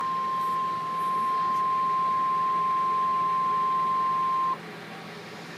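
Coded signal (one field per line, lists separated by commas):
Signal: Emergency Alert System (SAME) tones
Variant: 1050 Hz attention tone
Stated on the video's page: Two severe thunderstorm warning EAS alerts back to back.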